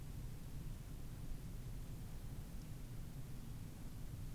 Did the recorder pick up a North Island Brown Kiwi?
no